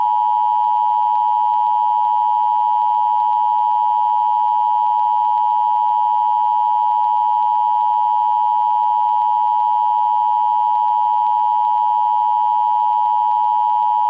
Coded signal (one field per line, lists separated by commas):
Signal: Emergency Alert System (SAME) tones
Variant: 853 and 960 Hz attention tone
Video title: EAS Classic: RC Park EAS (Revised Version)